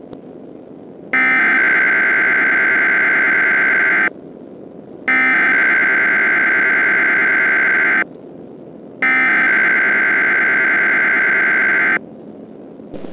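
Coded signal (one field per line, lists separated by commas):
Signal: Emergency Alert System (SAME) tones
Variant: header bursts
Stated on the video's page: Simulated EAS scenario recreating the 1935 Black Sunday dust storm, using valid EAS tones.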